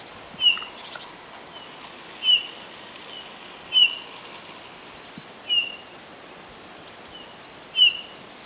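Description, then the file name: Eurasian bullfinch giving soft, short whistled piping notes, each slightly falling, repeated roughly every one and a half to two seconds, with faint high chirps behind. "Pyrrhula pyrrhula"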